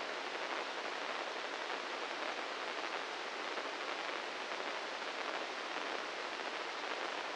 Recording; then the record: brain microelectrode recording played as sound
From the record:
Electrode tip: inside the subthalamic nucleus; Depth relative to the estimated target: 0 mm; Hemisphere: right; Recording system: NeuroSet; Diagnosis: Parkinson's disease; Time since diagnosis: 15 years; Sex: male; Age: 65 years